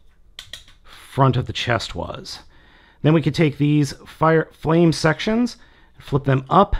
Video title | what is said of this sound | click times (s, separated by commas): DX9 CARRY | and that will snap into place just above where the | 0.4 s, 0.5 s